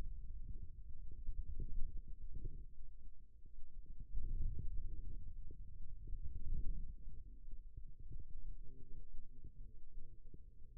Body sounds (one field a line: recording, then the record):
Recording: forearm muscle sounds (acoustic myography)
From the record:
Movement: wrist extension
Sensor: system 2, bracelet of six BSWA MPA416 microphones around the upper forearm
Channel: 3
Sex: male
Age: 22 years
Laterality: right